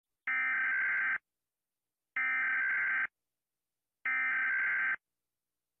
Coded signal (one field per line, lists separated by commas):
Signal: Emergency Alert System (SAME) tones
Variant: header bursts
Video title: EAS alarm part 2